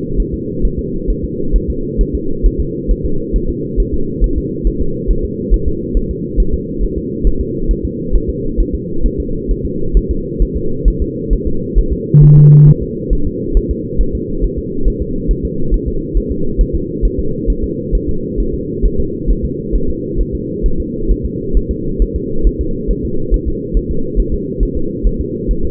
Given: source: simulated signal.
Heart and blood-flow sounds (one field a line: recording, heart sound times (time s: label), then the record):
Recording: fetal heart sounds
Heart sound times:
0.20 s: S1
0.34 s: S2
0.65 s: S1
0.79 s: S2
1.10 s: S1
1.25 s: S2
1.56 s: S1
1.70 s: S2
2.01 s: S1
2.15 s: S2
2.46 s: S1
2.60 s: S2
2.91 s: S1
3.05 s: S2
3.36 s: S1
3.50 s: S2
3.80 s: S1
3.94 s: S2
4.24 s: S1
4.38 s: S2
4.67 s: S1
4.81 s: S2
5.11 s: S1
5.25 s: S2
5.54 s: S1
5.68 s: S2
5.97 s: S1
6.11 s: S2
6.40 s: S1
6.54 s: S2
6.83 s: S1
6.98 s: S2
7.27 s: S1
7.41 s: S2
7.71 s: S1
7.85 s: S2
8.15 s: S1
8.30 s: S2
8.60 s: S1
8.75 s: S2
9.06 s: S1
9.20 s: S2
9.51 s: S1
9.66 s: S2
9.97 s: S1
10.11 s: S2
10.42 s: S1
10.57 s: S2
10.88 s: S1
11.02 s: S2
11.33 s: S1
11.47 s: S2
11.78 s: S1
11.93 s: S2
12.23 s: S1
12.38 s: S2
12.68 s: S1
12.83 s: S2
13.13 s: S1
13.27 s: S2
13.57 s: S1
13.71 s: S2
14.01 s: S1
14.15 s: S2
14.44 s: S1
14.59 s: S2
14.88 s: S1
15.02 s: S2
15.31 s: S1
15.45 s: S2
15.74 s: S1
15.88 s: S2
16.17 s: S1
16.32 s: S2
16.61 s: S1
16.75 s: S2
17.05 s: S1
17.19 s: S2
17.50 s: S1
17.64 s: S2
17.95 s: S1
18.09 s: S2
18.40 s: S1
18.54 s: S2
18.85 s: S1
19.00 s: S2
19.30 s: S1
19.45 s: S2
19.76 s: S1
19.90 s: S2
20.21 s: S1
20.35 s: S2
20.66 s: S1
20.80 s: S2
21.11 s: S1
21.26 s: S2
21.57 s: S1
21.71 s: S2
22.02 s: S1
22.16 s: S2
22.47 s: S1
22.61 s: S2
22.91 s: S1
23.05 s: S2
23.34 s: S1
23.48 s: S2
23.77 s: S1
23.91 s: S2
24.20 s: S1
24.34 s: S2
24.63 s: S1
24.77 s: S2
25.07 s: S1
25.21 s: S2
25.51 s: S1
25.65 s: S2
From the record:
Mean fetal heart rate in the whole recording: 135 bpm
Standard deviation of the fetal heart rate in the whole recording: 3 bpm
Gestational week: 36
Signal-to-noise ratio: -8.1 dB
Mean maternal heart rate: 72 bpm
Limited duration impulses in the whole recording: present